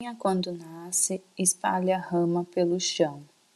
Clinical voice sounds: short text; Brazilian Portuguese; female; 20 to 29 years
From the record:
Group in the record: control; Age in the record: 25 years

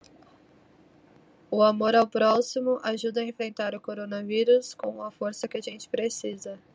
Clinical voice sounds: spoken sentence; Brazilian Portuguese; female; 20 to 29 years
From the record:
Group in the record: control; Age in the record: 27 years

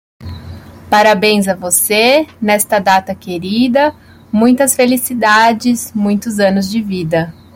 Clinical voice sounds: short text; Brazilian Portuguese; female; 30 to 39 years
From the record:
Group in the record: control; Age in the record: 33 years

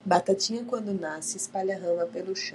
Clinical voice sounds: short text; Brazilian Portuguese; female; 30 to 39 years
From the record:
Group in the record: control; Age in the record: 30 years

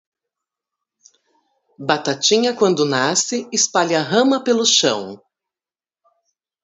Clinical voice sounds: short text; Brazilian Portuguese; female; 50 to 59 years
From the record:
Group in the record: control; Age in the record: 54 years

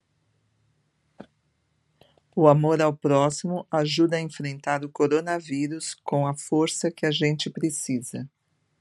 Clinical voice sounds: spoken sentence; Brazilian Portuguese; female; 50 to 59 years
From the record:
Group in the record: control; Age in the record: 54 years

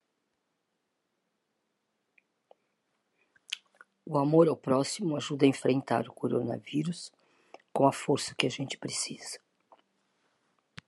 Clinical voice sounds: spoken sentence; Brazilian Portuguese; female; 70 to 79 years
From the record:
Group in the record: control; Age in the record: 71 years

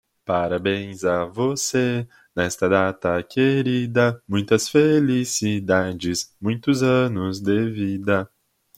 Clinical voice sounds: short text; Brazilian Portuguese; male; 20 to 29 years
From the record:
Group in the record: control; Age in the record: 22 years

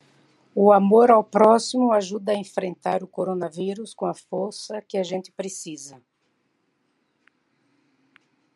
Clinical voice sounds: spoken sentence; Brazilian Portuguese; female; 70 to 79 years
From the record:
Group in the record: control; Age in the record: 70 years

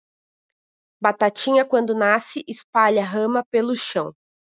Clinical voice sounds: short text; Brazilian Portuguese; female; 30 to 39 years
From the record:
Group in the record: control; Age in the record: 30 years

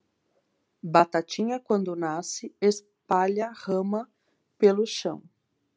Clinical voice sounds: short text; Brazilian Portuguese; female; 30 to 39 years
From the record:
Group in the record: control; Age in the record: 38 years

